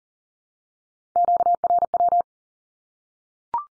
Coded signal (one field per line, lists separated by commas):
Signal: Morse code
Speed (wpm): 42 wpm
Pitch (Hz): 700 Hz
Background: none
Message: QRW